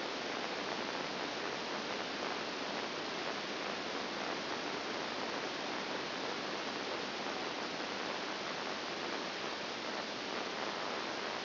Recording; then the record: brain microelectrode recording played as sound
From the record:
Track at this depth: inside the subthalamic nucleus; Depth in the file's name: 5.701 mm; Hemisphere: left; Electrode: 2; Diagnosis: Parkinson's disease